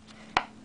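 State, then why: Seated. The magnetic flap of a leather Uniea U-Hip Pop hip case for the iPhone 3GS and iPod Touch 3G, with a plasticky material on the flap, is brought down onto the magnet in the case body. After a faint tick at 0.1 s, a sharp magnetic snap at 0.4 s marks the flap locking shut into place.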